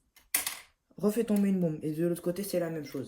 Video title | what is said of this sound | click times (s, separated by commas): Review set LEGO STAR WARS 8019 republic shuttle de 2009. (français) | une bombe, on repousse de l'autre sens, on entend un petit clic, | 0.4 s